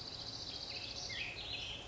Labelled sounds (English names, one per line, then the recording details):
Black-headed Grosbeak
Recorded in Sonoma County, California